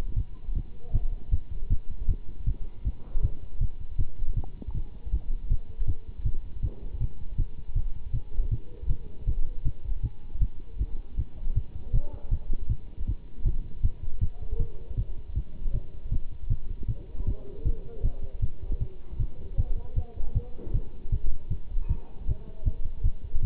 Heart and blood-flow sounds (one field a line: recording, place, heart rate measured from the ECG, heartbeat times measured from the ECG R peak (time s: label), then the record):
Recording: heart sounds by stethoscope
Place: between the tricuspid and mitral areas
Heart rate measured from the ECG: 157 bpm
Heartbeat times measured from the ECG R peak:
0.15 s: heartbeat
0.54 s: heartbeat
0.92 s: heartbeat
1.31 s: heartbeat
1.69 s: heartbeat
2.07 s: heartbeat
2.45 s: heartbeat
2.84 s: heartbeat
3.22 s: heartbeat
3.59 s: heartbeat
3.97 s: heartbeat
4.35 s: heartbeat
4.73 s: heartbeat
5.11 s: heartbeat
5.49 s: heartbeat
5.86 s: heartbeat
6.24 s: heartbeat
6.62 s: heartbeat
6.99 s: heartbeat
7.37 s: heartbeat
7.74 s: heartbeat
8.12 s: heartbeat
8.50 s: heartbeat
8.88 s: heartbeat
9.26 s: heartbeat
9.64 s: heartbeat
10.02 s: heartbeat
10.40 s: heartbeat
10.78 s: heartbeat
11.16 s: heartbeat
11.54 s: heartbeat
11.92 s: heartbeat
12.30 s: heartbeat
12.68 s: heartbeat
13.06 s: heartbeat
13.44 s: heartbeat
13.82 s: heartbeat
14.20 s: heartbeat
14.58 s: heartbeat
14.96 s: heartbeat
15.35 s: heartbeat
15.73 s: heartbeat
16.11 s: heartbeat
16.49 s: heartbeat
16.87 s: heartbeat
17.26 s: heartbeat
17.64 s: heartbeat
18.02 s: heartbeat
18.41 s: heartbeat
18.80 s: heartbeat
19.18 s: heartbeat
19.57 s: heartbeat
19.95 s: heartbeat
20.34 s: heartbeat
20.73 s: heartbeat
21.11 s: heartbeat
21.50 s: heartbeat
21.88 s: heartbeat
22.26 s: heartbeat
22.65 s: heartbeat
23.03 s: heartbeat
23.41 s: heartbeat
From the record:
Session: Bruce protocol treadmill stress test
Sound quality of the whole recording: good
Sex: male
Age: 24 years